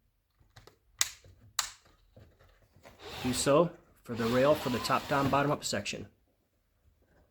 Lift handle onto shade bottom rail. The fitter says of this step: Go ahead and snap the handles onto the bottom rail at the center of the window.